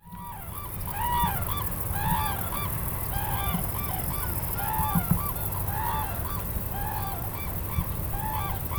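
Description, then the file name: Red-crowned cranes calling: many overlapping loud, arched trumpeting notes in quick succession throughout, over a heavy low rumble of background noise. "tantyou"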